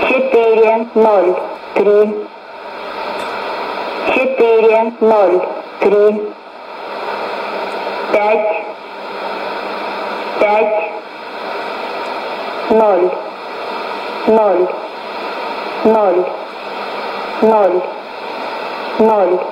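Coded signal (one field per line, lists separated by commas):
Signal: numbers station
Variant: S06s, Russian female voice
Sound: woman reading Russian numbers in short evenly spaced words over radio hiss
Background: radio static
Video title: 13 11 2019 S06s Russian Lady numbers station in Russian to Eu 0844 on 11830 unknown tx site USB+AM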